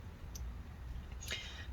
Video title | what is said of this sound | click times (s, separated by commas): iPhone 8 + Plus 8+ Screen Replacement Repair With Broken Right Clavicle Collar Bone | right once you get everything clicked into place you can go ahead and click the battery in | 0.4 s